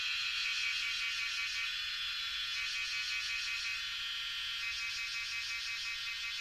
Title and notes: extremely loud cicadas during sunset, as their mesmerizing chorus fills the air in Doi Suthep national park, Thailand. Recorded by Marcel Gnauk. Part of the Music for Sleep project